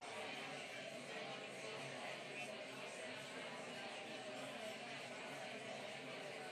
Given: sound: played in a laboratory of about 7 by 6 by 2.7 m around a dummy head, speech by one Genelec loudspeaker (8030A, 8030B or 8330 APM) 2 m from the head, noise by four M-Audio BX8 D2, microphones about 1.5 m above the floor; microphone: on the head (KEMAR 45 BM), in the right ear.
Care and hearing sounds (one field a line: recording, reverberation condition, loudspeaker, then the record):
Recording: babble noise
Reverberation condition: medium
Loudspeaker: four, about 170 cm from the corners of the room and facing them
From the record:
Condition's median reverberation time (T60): about 510 ms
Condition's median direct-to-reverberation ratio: about -0.5 dB